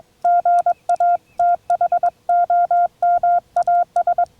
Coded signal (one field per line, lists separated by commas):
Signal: Morse code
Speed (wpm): 21 wpm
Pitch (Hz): 700 Hz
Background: none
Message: GA THOMAS